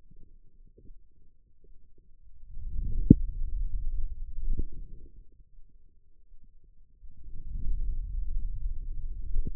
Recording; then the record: forearm muscle sounds (acoustic myography)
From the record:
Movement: hand closing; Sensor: system 2, bracelet of six BSWA MPA416 microphones around the upper forearm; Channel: 4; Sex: male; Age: 22 years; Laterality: right